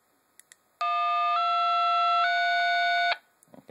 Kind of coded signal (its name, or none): DTMF